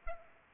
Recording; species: mosquito wingbeat signal from an infrared sensor; Culex pipiens